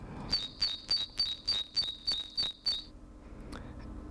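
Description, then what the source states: Great tit song, a high two-note phrase repeated about nine times in a steady rhythm. Urban great tit singing in Brussels, with the background noise removed; played again for comparison with a forest bird.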